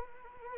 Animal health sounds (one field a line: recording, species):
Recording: mosquito wingbeat signal from an infrared sensor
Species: Anopheles arabiensis